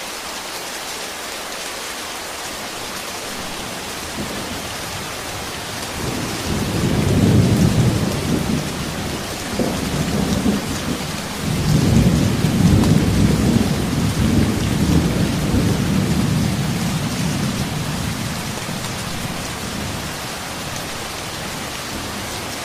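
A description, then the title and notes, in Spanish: Heavy rain falls in a steady, dense hiss across the whole clip. From about six to eighteen seconds, low rolling rumbles of thunder swell beneath the rain, peaking around seven and thirteen seconds before fading back to the even downpour. Sonidos De La Lluvia Pesado.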